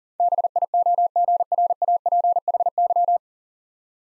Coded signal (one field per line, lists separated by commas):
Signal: Morse code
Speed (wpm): 39 wpm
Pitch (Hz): 700 Hz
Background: none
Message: BIOGRAPHY